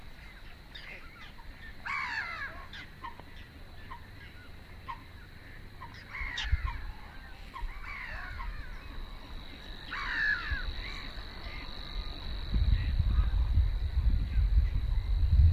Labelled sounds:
Whiskered Tern (Chlidonias hybrida) call
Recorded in the wild
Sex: group
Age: adult
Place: Warsow, Kummerower See, Mecklenburg-Vorpommern, DE
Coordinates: 53.8367, 12.8356
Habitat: wetland
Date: 2012-05-24 05:16
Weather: 8°C, sunny, weak winds from NE
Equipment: Sound Devices 702, Sennheiser MKH 70, Rycote Windschutz
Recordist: Frommolt, Karl-Heinz

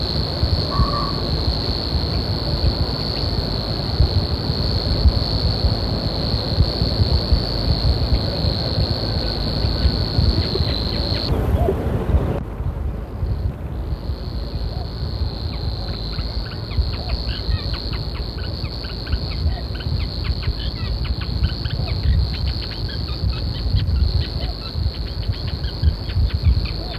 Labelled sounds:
Savi's Warbler (Locustella luscinioides) call
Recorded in the wild
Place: Kärnten, AT
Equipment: Halbspur, 9,5 cm/s
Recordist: Lütgens, Hans
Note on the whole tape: Rufe

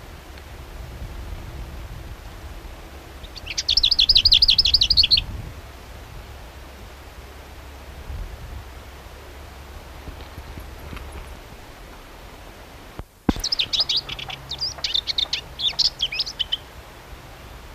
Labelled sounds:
Lesser Whitethroat (Sylvia curruca) song
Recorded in the wild
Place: Krombachtalsperre, DE
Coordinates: 50.6217, 8.12722
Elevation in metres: 530
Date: 1964-04-25
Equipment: Uher Report 4000, AKG D190
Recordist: Krey, Winfried
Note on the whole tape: Gesang

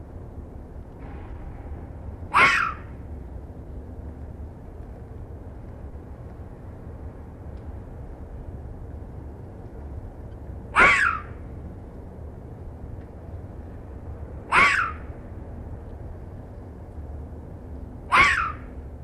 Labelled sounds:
Corsac Fox (Vulpes corsac) barking
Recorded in captivity
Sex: male
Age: adult
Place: Zoologisches Institut der HUB, Berlin, DE
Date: 1967-11-28
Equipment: Telefunken Magnetophon 300, GDM 121
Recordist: Tembrock, Günter
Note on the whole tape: Steppenfuchs-Rüde "Peter": Rotfuchs-Fähe "Gina" ist in sein Gehege eingedrungen, vorher Begegnung mit Aufstellen, dann Beobachter im Gehege, Rüde sitzt vor Beobachter. Geschlossenes bis offenes Bellen. Abstand ca. 3 m

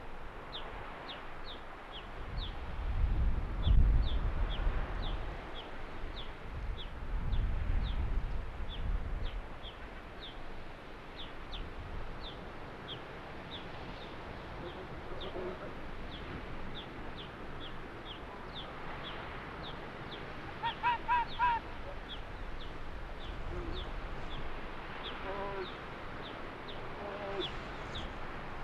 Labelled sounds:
Arctic Fox (Vulpes lagopus)
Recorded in the wild
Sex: male
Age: adult
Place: Insel Mednyi, Kommandeur-Inseln, RU
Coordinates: 54.5167, 168.083
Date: 1999-07-15 20:14
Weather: Nebel, 7°C, schwacher Nordwind
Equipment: Sony WM-D6C, Sennheiser ME 80, K 30 AV, Windkorb, Kopie Tascam DA 30
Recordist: Jakupi, Antje
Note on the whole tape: Südosten der Insel, Gerölltal: Bellstrophen vom nordwestlichen unteren Rand des Geröllfeldes. Zwei Bellstrophen nicht aufgezeichnet. Rüde rechts grün/grün 65 (deutlich erkannt). Entfernung 80 m

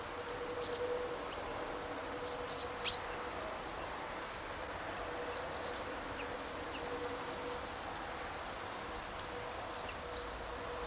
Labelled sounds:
Great Tit (Parus major)
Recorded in the wild
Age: adult
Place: Treuchtlingen, Naturpark Altmühltal, Bayern, DE
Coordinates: 48.96, 10.91
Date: 1993-09-07
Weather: 20°C, wolkig
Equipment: Marantz CP 430, Sennheiser MKH 416 T, Kopie Uher Variocord 263
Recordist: Tembrock, Günter

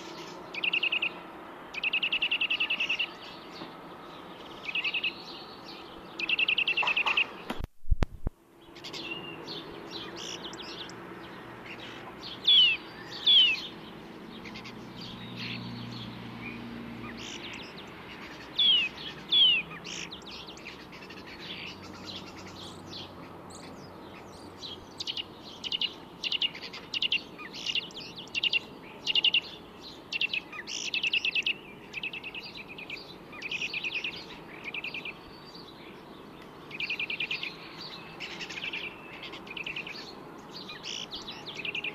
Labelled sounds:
Eurasian Nuthatch (Sitta europaea)
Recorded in the wild
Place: Oberstdorf, Bayern, DE
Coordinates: 47.41, 10.2797
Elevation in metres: 803
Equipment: Nagra IV, Sennheiser MKH 405, Parabolreflektor
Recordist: Tretzel, Erwin

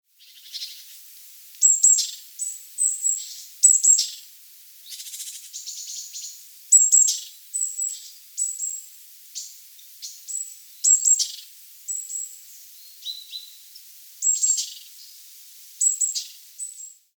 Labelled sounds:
Great Tit (Parus major)
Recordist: Tembrock, Günter
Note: Rufe eines Trupps bei Nahrungssuche

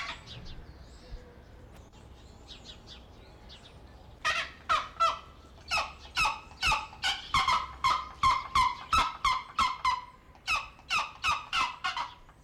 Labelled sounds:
Pallas's Fish Eagle (Haliaeetus leucoryphus)
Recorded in captivity
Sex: pair
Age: adult
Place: Zoo Berlin, Berlin, DE
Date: 1994-02-11 11:04
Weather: Bedeckt, 4°C
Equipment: Marantz CP 130, Sennheiser ME 80, Kopie Uher Variocord 263
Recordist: Tembrock, Günter
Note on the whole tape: Paar auf Nest: Ruffolgen

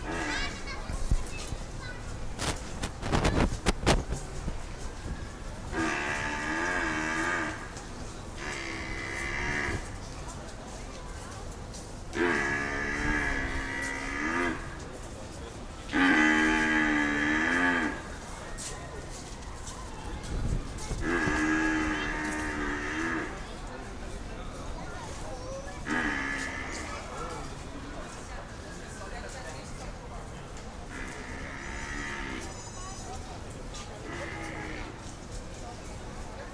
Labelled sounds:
Domesticated Cattle (Bos taurus) call
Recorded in captivity
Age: adult
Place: Zoo Berlin, Berlin, DE
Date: 1996-08-24 20:40
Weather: bedeckt, ca. 20°C
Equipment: Sony MD-WM MZ-R3, Sennheiser MKH 416 T, Kopie Uher 4000 Report Monitor
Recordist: Tembrock, Günter

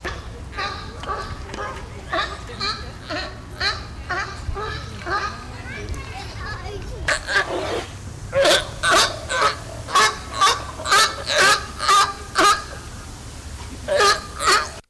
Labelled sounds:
California Sea Lion (Zalophus californianus) call
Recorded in captivity
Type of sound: call, call sequence
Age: adult
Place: Tiergarten Wilhelma/Stuttgart, Baden-Württemberg, DE
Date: 1996-09-18 18:00
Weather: bedeckt, 14°C, teils böiger Wind
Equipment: Sony MD-WM MZ-R3, Sennheiser ME 80, Kopie Uher 4000 Report Monitor
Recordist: Tembrock, Günter
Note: Lautfolgen

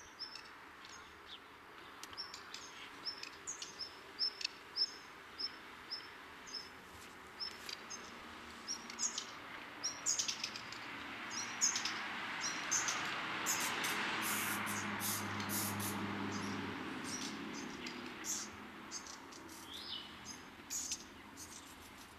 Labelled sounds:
Black Redstart (Phoenicurus ochruros) begging call
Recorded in the wild
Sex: diverse
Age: juvenile
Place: Kaiserslautern, Rheinland-Pfalz, DE
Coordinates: 49.4247, 7.77889
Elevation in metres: 279
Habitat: garden
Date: 1976-08-01
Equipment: Nagra IV, Sennheiser MKH 405, Parabolreflektor
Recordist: Tretzel, Erwin
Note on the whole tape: Garten, Kaiserslautern: Bettellaute juvenile Hausrotschwänze

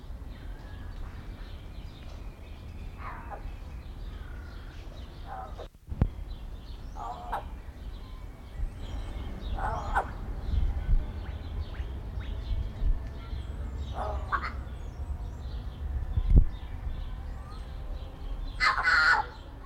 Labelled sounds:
Yellow-faced Myna (Mino dumontii) call
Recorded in captivity
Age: adult
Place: Zoo Berlin, Berlin, DE
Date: 1994-05-28 11:58
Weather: bedeckt, 12-15°C
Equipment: Marantz CP 430, Sennheiser ME 80, Kopie Uher Variocord 263
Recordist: Tembrock, Günter
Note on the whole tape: Diverse Lautformen - Entfernung ca. 8 m

